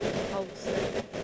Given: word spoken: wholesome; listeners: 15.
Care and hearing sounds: one English word in noise, from a listening test; noise modulated by three-talker babble; -5.6 dB; 1 of 15; 6 of 15; 0.83 s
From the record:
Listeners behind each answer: 6, 2, 2, 1, 1, 1, 1, 1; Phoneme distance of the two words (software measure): 34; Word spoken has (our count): 2 syllables, 6 phonemes, stress on syllable 1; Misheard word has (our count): 1 syllable, 4 phonemes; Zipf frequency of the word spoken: 3.12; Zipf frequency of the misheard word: 3.93

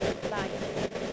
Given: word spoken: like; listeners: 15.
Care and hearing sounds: one English word in noise, from a listening test; noise modulated by three-talker babble; -7.6 dB; 1 of 15; 6 of 15; 0.73 s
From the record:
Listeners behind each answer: 6, 3, 1, 1, 1, 1, 1, 1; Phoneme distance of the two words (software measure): 17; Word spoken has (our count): 1 syllable, 3 phonemes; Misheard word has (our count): 1 syllable, 4 phonemes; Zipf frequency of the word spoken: 6.53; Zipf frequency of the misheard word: 4.58

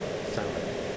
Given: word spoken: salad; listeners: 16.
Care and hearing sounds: one English word in noise, from a listening test; speech-shaped noise; -5.4 dB; 6 of 16; 6 of 16; 0.57 s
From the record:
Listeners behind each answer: 6, 6, 1, 1, 1, 1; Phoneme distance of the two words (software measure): 20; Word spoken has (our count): 2 syllables, 5 phonemes, stress on syllable 1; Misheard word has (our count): 2 syllables, 5 phonemes, stress on syllable 1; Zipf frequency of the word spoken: 4.38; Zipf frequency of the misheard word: 4.34

